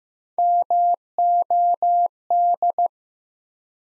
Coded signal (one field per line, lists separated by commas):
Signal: Morse code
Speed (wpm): 15 wpm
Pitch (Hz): 700 Hz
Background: none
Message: MOD